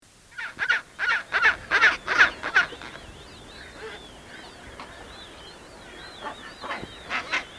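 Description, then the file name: Adélie penguin calling: a rapid series of harsh, grating notes for about two seconds, then softer rasps, with thin wavering whistles in the background. Antarctica, 1993. "Pygoscelis adeliae 1993"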